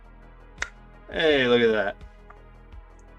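A 3D-printed plastic clip-on part with a hook is pushed onto a printer head assembly and pops into place with a sharp snap at 0.6 s. Someone then talks briefly. The part is confirmed seated.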